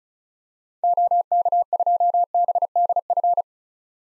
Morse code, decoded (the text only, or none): OK2BDF